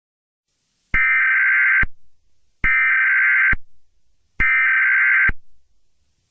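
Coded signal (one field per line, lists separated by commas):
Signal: Emergency Alert System (SAME) tones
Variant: header bursts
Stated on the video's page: Fictional EAS scenario made in CapCut and Kinemaster.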